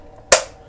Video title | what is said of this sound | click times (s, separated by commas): Bosch CleverMixx MFQ3010 - Review Part 1 – 300W Cheesecake Anyone? | yeah they click into place | 0.3 s